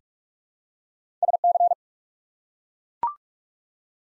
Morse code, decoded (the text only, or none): SC